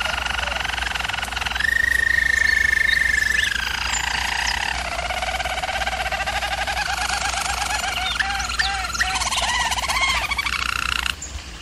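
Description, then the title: German Roller canary delivers a continuous rolled song. A bright, steady roll gives way to lower gurgling trills, then to fast, bubbling repeated notes near the end. German Roller canary singing, for canary training. "German Roller Canary Singing - Canary Training Vid"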